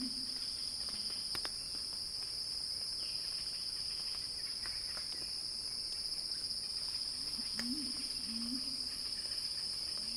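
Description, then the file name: Cicadas keep up a high, unbroken buzzing, with a few sharp clicks and some low warbling notes. Cicada song building in a crescendo, recorded by Axel Drioli for Earth.fm. "earth-fm Axel-Drioli Cicada-Crescendo-Sounding-Wild"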